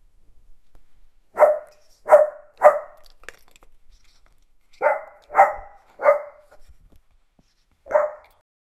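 Dog barking: seven sharp, mid-pitched barks, a quick group of three, then a run of three, and one last bark after a pause.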